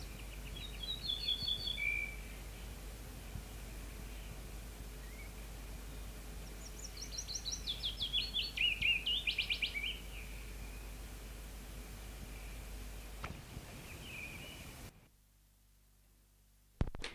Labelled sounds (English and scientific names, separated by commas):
Ortolan Bunting (Emberiza hortulana) song